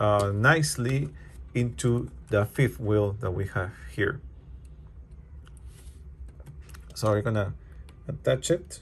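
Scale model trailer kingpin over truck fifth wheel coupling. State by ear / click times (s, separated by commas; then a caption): not seated / none. A 1/50 scale WSI Models flatbed trailer is moved and lined up so its kingpin sits over the model truck's fifth wheel, ready to be pushed home. Someone talks, and during a pause between about 4.6 and 6.8 seconds a few faint, light taps of handling are heard. Nothing has seated or clicked yet.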